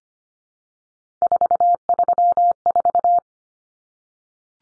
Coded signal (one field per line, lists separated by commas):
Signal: Morse code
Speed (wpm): 25 wpm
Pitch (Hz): 700 Hz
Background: none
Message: 434